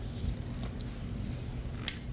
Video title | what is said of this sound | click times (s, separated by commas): How to Fix ABS Always On??? | Yan. Nag-click na 'yan. Okay na yan. | 1.9 s